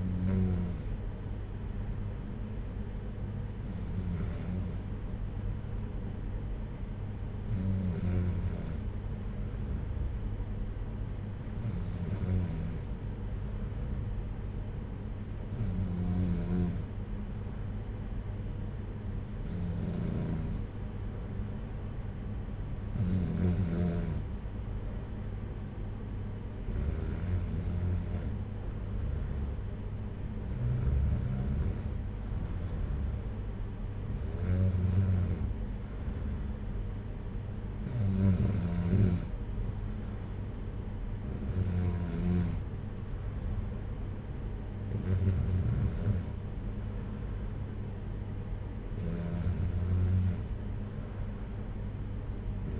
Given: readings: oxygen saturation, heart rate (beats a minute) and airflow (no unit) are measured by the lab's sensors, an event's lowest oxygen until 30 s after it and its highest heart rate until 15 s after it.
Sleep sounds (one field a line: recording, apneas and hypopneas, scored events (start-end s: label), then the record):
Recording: breathing in sleep by a smartphone at the bedside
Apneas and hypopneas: none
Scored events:
none scored
From the record:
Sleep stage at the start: N2 (light sleep)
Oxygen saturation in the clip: 93 to 94%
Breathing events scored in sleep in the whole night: 226 in 8.8 hours asleep